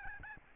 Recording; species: mosquito wingbeat signal from an infrared sensor; Aedes albopictus